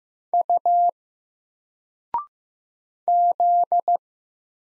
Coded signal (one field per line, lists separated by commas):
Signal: Morse code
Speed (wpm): 15 wpm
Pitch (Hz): 700 Hz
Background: none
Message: U Z